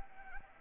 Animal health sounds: mosquito wingbeat signal from an infrared sensor; Anopheles arabiensis

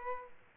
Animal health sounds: mosquito wingbeat signal from an infrared sensor; Aedes aegypti

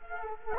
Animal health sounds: mosquito wingbeat signal from an infrared sensor; Culex quinquefasciatus

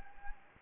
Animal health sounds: mosquito wingbeat signal from an infrared sensor; Anopheles gambiae

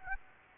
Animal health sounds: mosquito wingbeat signal from an infrared sensor; Aedes aegypti

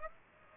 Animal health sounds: mosquito wingbeat signal from an infrared sensor; Aedes aegypti

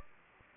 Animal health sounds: mosquito wingbeat signal from an infrared sensor; Aedes aegypti

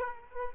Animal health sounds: mosquito wingbeat signal from an infrared sensor; Aedes aegypti

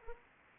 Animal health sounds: mosquito wingbeat signal from an infrared sensor; Anopheles arabiensis

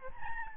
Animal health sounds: mosquito wingbeat signal from an infrared sensor; Aedes albopictus

